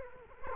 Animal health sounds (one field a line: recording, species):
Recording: mosquito wingbeat signal from an infrared sensor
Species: Culex quinquefasciatus